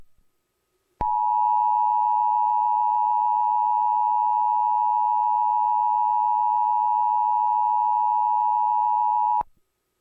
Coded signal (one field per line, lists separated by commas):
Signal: Emergency Alert System (SAME) tones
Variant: 853 and 960 Hz attention tone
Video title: National EAS Test Recreation (November 9, 2011)